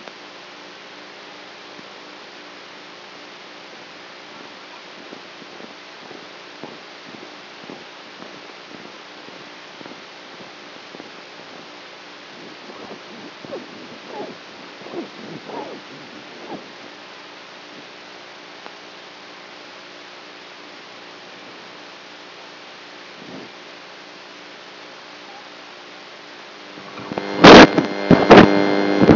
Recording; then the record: brain microelectrode recording played as sound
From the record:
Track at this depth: outside the subthalamic nucleus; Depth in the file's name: 0.008 mm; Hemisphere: right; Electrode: 3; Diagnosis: Parkinson's disease